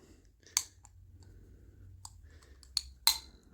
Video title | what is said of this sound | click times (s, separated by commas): Unboxing. Rugged Obsidian 9. | Right. Snaps right in. | 2.8 s, 3.1 s